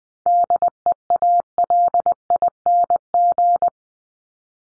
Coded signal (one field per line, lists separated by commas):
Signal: Morse code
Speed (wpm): 20 wpm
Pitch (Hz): 700 Hz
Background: none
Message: DEALING